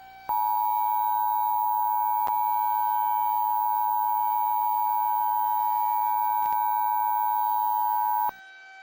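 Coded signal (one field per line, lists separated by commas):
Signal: Emergency Alert System (SAME) tones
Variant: 853 and 960 Hz attention tone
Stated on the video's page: Mock emergency alert scenario; air quality index disaster theme, fictional analog-horror recreation.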